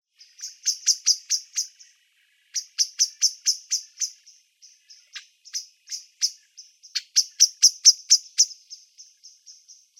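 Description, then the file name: Common blackbird giving sharp, high ticking notes in fast bursts, with brief pauses between runs and softer trailing ticks. "Turdus merula"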